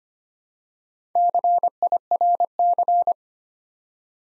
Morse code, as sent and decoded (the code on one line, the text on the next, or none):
-.-. .. .-. -.-.
CIRC